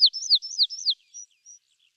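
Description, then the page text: Rosy pipit giving a quick run of several high, down-slurred notes, followed by two faint, thin, spaced notes. Recorded in Ladakh. "rosy pipit – Birds of Ladakh"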